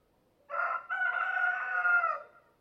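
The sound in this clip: Rooster's crow: short opening burst, then a long harsh sustained call that trails off, with near silence before and after.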